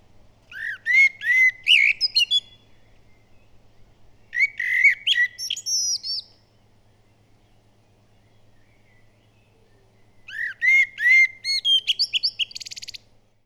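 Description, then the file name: Common blackbird song: three mellow whistled phrases, each of fluting notes ending in a high squeaky twitter, separated by pauses of a few seconds. "Turdus merula"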